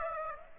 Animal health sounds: mosquito wingbeat signal from an infrared sensor; Aedes aegypti

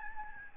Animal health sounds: mosquito wingbeat signal from an infrared sensor; Aedes albopictus

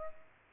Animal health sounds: mosquito wingbeat signal from an infrared sensor; Culex pipiens

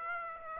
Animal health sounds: mosquito wingbeat signal from an infrared sensor; Aedes aegypti

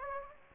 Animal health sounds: mosquito wingbeat signal from an infrared sensor; Anopheles gambiae

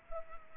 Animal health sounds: mosquito wingbeat signal from an infrared sensor; Culex pipiens

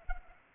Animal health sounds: mosquito wingbeat signal from an infrared sensor; Culex pipiens

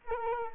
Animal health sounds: mosquito wingbeat signal from an infrared sensor; Culex quinquefasciatus

